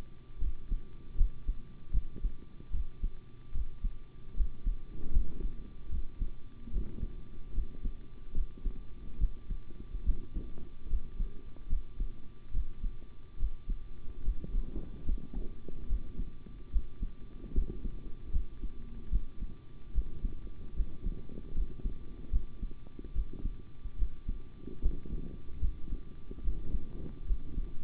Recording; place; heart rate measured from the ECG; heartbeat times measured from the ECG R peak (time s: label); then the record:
heart sounds by stethoscope; between the tricuspid and mitral areas; 74 bpm
0.39 s: heartbeat
1.16 s: heartbeat
1.92 s: heartbeat
2.71 s: heartbeat
3.52 s: heartbeat
4.35 s: heartbeat
5.11 s: heartbeat
5.89 s: heartbeat
6.71 s: heartbeat
7.53 s: heartbeat
8.33 s: heartbeat
9.18 s: heartbeat
10.04 s: heartbeat
10.88 s: heartbeat
11.68 s: heartbeat
12.51 s: heartbeat
13.37 s: heartbeat
14.22 s: heartbeat
15.04 s: heartbeat
15.87 s: heartbeat
16.70 s: heartbeat
17.53 s: heartbeat
18.31 s: heartbeat
19.10 s: heartbeat
19.92 s: heartbeat
20.74 s: heartbeat
21.53 s: heartbeat
22.30 s: heartbeat
23.13 s: heartbeat
23.96 s: heartbeat
24.81 s: heartbeat
25.60 s: heartbeat
26.42 s: heartbeat
27.25 s: heartbeat
From the record:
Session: rest, sitting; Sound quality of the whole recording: good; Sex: male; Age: 25 years